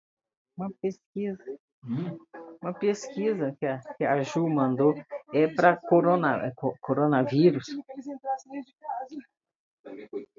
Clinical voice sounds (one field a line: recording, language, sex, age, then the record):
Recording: short text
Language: Brazilian Portuguese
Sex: female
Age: 70 to 79 years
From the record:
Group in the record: control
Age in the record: 74 years